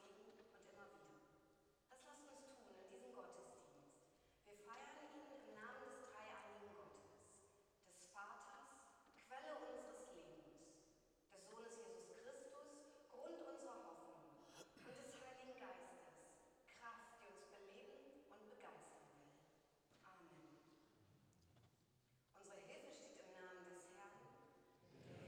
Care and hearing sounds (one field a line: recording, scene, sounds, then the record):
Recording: everyday scene through a hearing-aid microphone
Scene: reverberant space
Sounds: speech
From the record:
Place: church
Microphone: in the ear canal, right